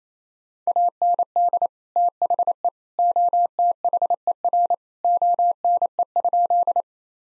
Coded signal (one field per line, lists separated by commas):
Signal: Morse code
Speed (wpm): 28 wpm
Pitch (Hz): 700 Hz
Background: none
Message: AND THE OTHER ONE?